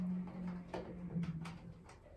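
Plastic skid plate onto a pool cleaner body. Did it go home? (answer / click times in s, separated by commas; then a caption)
no / none. A plastic skid plate is being handled and fitted onto the underside of a Zodiac Baracuda T5 pool cleaner body. A steady low hum runs under several short plastic knocks and taps. Nothing has seated or clicked into place yet.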